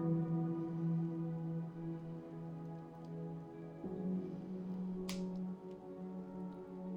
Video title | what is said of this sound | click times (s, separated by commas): Star Wars - Death Trooper - Full Build | It's always satisfying to hear that click. | 5.1 s